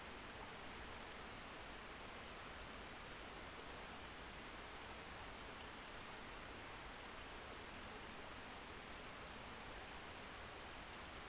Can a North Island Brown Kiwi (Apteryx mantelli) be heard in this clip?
no